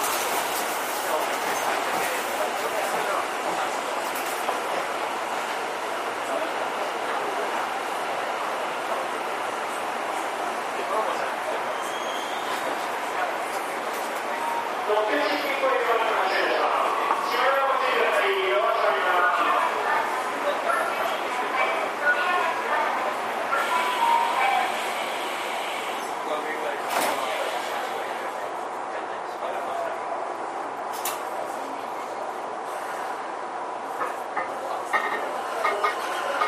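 A ride aboard a Tokyu 5050 series train on the Toyoko and Minatomirai lines, with a steady, dense rumble and hiss throughout. Around 15 to 20 seconds the sound swells with wavering motor whine, and brief sharp clicks punctuate it near 27 and 31 seconds. Faint voices mingle underneath.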